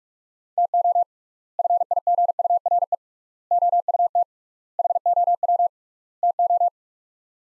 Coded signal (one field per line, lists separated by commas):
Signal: Morse code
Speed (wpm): 46 wpm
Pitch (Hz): 700 Hz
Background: none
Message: TO FIGURE OUT HOW TO